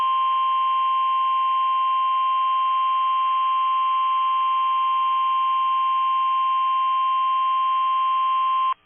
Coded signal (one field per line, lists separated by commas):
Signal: Emergency Alert System (SAME) tones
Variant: 1050 Hz attention tone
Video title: NOAA Weather Radio - Severe Thunderstorm Warning [EAS #89] (3/7/22)